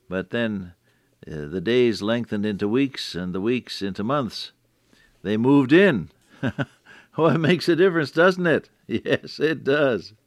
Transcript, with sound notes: But then the days lengthened into weeks and the weeks into months. They moved in. [chuckle] Well, that makes a difference, doesn’t it? [chuckle] Yes, it does.